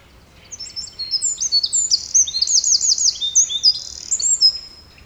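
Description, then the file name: Eurasian wren singing a long, high-pitched, rapid outpouring of trills and piercing notes that runs for about four seconds without a break. "Troglodytes troglodytes"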